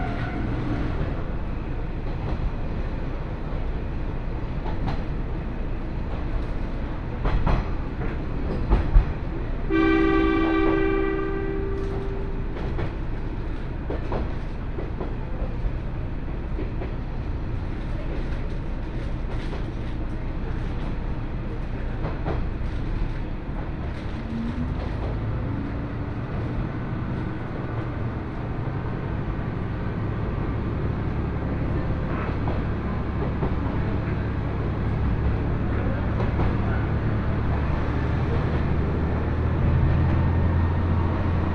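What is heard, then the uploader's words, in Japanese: Ride aboard a Kanto Railway Joso Line rapid train: a steady low rumble with faint clatter throughout, broken by a brief horn blast near ten seconds. 耳で楽しむ鉄道旅 関東鉄道常総線 快速 下館→守谷。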